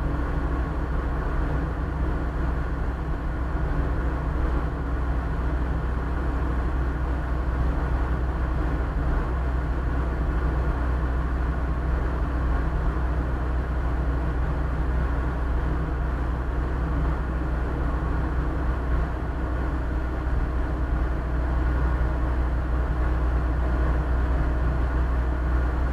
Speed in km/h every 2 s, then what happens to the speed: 60, 61, 61, 60, 60, 69, 60, 59, 60, 60, 58, 59, 58.
0-26 steady at about 60.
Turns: none.